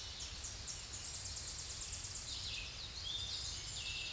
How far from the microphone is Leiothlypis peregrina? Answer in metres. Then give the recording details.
about 30 m. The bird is about 15 m above the microphone. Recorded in a Pennsylvania forest on 16 May 2024 at 07:47. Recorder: AudioMoth, point MSD-2131. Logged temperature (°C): 14.8 °C. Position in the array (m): 33 m, 48 m